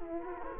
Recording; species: mosquito wingbeat signal from an infrared sensor; Culex quinquefasciatus